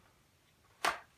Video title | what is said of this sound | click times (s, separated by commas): Incog Shadow Holster | it in and kind of hear it snap and that's it | 0.9 s